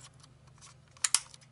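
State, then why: Seated. A plastic component of a BMW 316i E36 instrument cluster is placed behind and pressed into the cluster housing. After a quiet stretch of faint handling noise over a steady low hum, two sharp, loud snaps ring out at 1.1 s and 1.2 s. The part has clipped into place, confirmed as seated.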